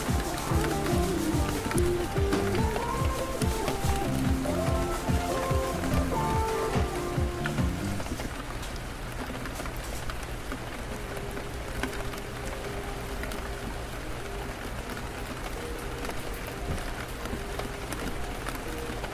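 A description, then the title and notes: Gentle rain patters against tall windows in a steady, dense hiss. For the first eight seconds, stepping melodic notes and low thumps sit over the rain, then drop away. A low steady hum and a faint held tone remain beneath the patter. A gentle rain patters against the tall, looming floor-to-ceiling windows of the common area of VALORANT HQ.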